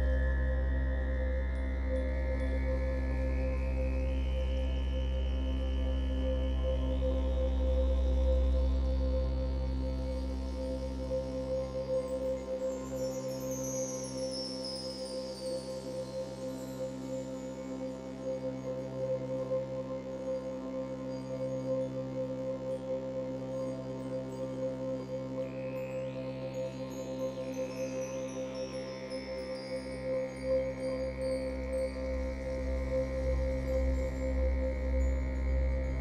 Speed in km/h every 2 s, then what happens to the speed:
18, 16, 5, 0, 0, 11, 14, 7, 7, 2, 0, 0, 0, 0, 15, 28, 13, 15.
0-5 brakes to 0. 5-8 standing. 8-11 pulls away to 14. 11-18 slows to 2. 18-26 standing. 26-29 pulls away to 28.